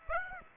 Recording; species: mosquito wingbeat signal from an infrared sensor; Aedes aegypti